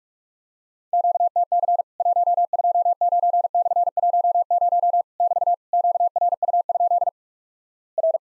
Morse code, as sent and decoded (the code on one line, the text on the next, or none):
--.- - -.-. / .---- ..--- ----. -..-. .---- ----- / -...- / --.- .-. ..- ..--.. / .-.
QTC 129/10 <BT> QRU? R